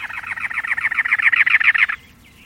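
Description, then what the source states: Cactus Wren song: a fast, harsh, grating chatter of many even, rhythmic notes over about two seconds, then stopping abruptly. Sings perched atop a many-lobed cactus in the Arizona desert in late April, already over 90 degrees by 11 a.m.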